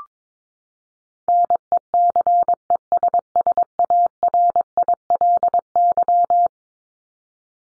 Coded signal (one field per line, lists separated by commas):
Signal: Morse code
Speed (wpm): 22 wpm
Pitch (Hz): 700 Hz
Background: none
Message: NECESSARILY